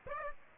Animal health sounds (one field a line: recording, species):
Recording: mosquito wingbeat signal from an infrared sensor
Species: Aedes aegypti